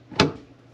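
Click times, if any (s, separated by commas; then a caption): 0.2 s. The upper end of a rear liftgate gas lift strut on a 2022 Ford Bronco IAG soft top is pressed onto its ball stud behind the beam. A single sharp, bright snap is heard at 0.2 s, followed by a brief fading tail. The strut socket seats onto the ball stud.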